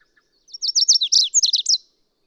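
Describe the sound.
Bird song: one rapid, high-pitched phrase of downward-sliding notes ending in a twittery finish, preceded by two faint soft chips.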